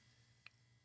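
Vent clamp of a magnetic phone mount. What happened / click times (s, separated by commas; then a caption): The plastic clamp locked down / 0.5 s. The locking clamp of a plastic car vent mount on an Andobil 3-in-1 magnetic phone holder is tightened, and a single faint, sharp tick is heard at 0.5 s over a quiet low hum. The tick is the clamp locking down into place.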